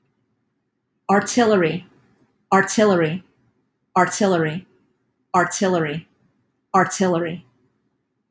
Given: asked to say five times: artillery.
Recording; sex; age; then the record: repeated word; female; 50 to 59 years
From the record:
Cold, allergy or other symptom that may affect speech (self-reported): no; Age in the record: 51 years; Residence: Florida, United States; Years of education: 12